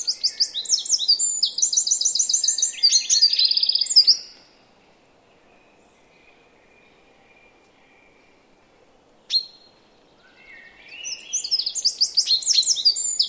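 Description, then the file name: Eurasian wren song: a fast, shrill burst of trills for about the first four seconds, then a long silence broken by one sharp note, then another rattling, trilled burst. "Troglodytes troglodytes"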